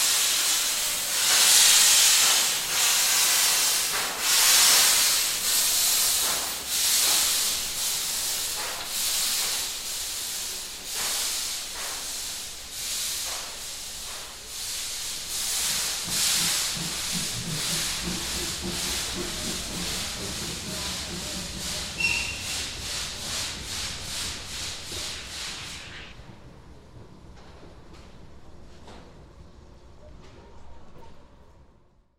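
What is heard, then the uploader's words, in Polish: A steam locomotive pulls away, its loud chuffing bursts of steam starting slow and spaced, then quickening into a rapid rhythm as it gains speed. A low rumble of wheels joins midway, and the puffs fade, leaving faint rolling noise by the end. Tytuł: Odjazd parowozu Hałabała Lokalizacja: Krzyki. Trasa Wrocław Główny- Wrocław Kuźniki. Rekorder, mikrofon: sony pcm d50, rode nt4.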